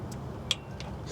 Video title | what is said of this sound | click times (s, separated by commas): 15,000 Miles later...Fixing a Dana 60 Leak on my Jeep Gladiator - RTV vs Reusable Gasket Upgrade? | So heard that one. | 0.5 s